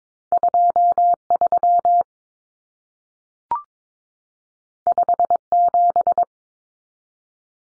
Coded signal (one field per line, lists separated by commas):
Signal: Morse code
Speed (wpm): 22 wpm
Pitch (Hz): 700 Hz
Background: none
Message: 23 57